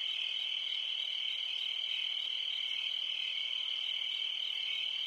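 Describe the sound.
High, continuous cricket trill at an unchanging pitch, steady in loudness from start to finish.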